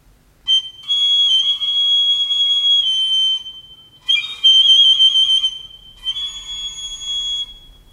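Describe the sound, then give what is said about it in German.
A shrill, high-pitched pipe whistles in three sustained blasts, each steady and piercing with a slight waver, separated by brief pauses, with no voices. “Auf dieser Pfeife pfiff er um Hilfe zu Gott.”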